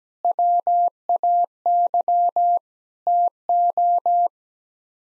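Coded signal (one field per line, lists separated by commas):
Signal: Morse code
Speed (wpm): 17 wpm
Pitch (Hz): 700 Hz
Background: none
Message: WAY TO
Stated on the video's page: Morse practice sending sets of 8 common English words at 17 wpm for head-copy, each set sent twice.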